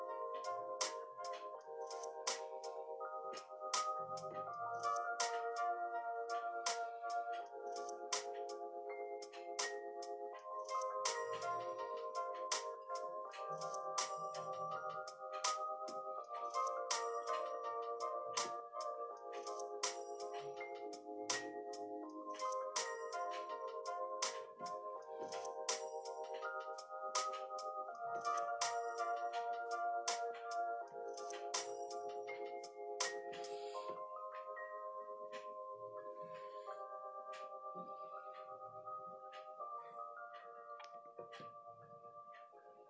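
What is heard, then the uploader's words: Mellow lofi music plays steadily, its soft sustained chords shifting every couple of seconds. Quick, crisp clicks and taps, like typing and pencil strokes, run densely through the whole piece, and the level eases down slightly toward the end. Lofi study with me with pencil, page flipping and typing ASMR.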